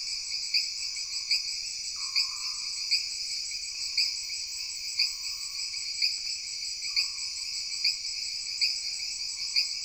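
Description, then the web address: Jungle insects trill in a thick unbroken chorus with regular sharp pulses and occasional lower tones underneath. Jungle background ambience. "Sony Pictures Sound Effects Series Backgrounds Jungle Insects With Frogs"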